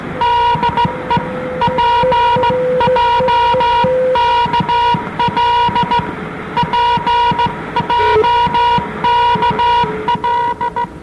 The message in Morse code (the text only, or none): DE PJKL PJKL